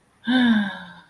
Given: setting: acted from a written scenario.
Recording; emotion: vocal sound without words; disappointment